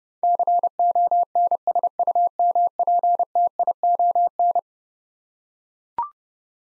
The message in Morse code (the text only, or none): CONSUMPTION